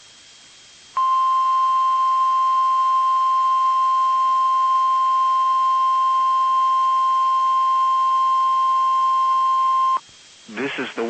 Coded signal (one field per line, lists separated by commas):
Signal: Emergency Alert System (SAME) tones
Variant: 1050 Hz attention tone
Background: speech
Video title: EAS: Required Weekly Test